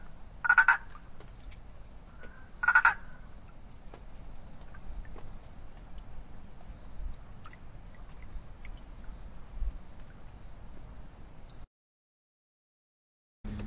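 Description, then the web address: Treefrog calls: two loud, short pulsed croaks about two seconds apart, followed by quieter scattered clicks and a steady low hum, then a brief break. "sounds Boana prasina"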